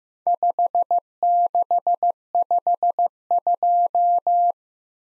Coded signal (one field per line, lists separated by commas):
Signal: Morse code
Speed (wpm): 15 wpm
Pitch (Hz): 700 Hz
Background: none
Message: 5652